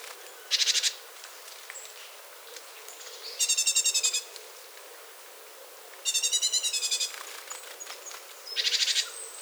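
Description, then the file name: Great tit giving pulsed, grating rattles, two long and clear, with shorter hissing bursts at the start and end of the stretch. "Parus major"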